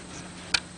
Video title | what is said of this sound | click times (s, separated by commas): Cold Starting, Running, Vintage 2 Cycle Outboard and DIY MIXING GAS OIL for Boat | Nice little click there. | 0.5 s